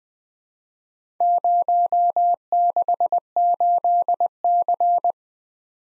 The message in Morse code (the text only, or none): 068C